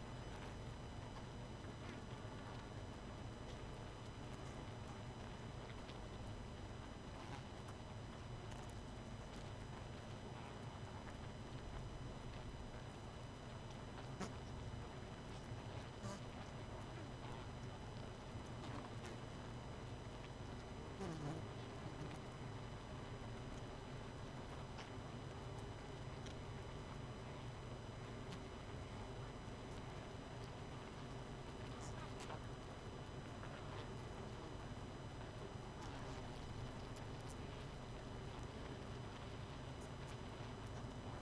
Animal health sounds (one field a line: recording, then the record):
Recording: honeybee colony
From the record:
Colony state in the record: missing queen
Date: 31 May 2018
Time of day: 23:55